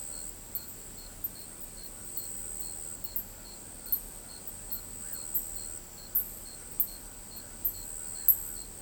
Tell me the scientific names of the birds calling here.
none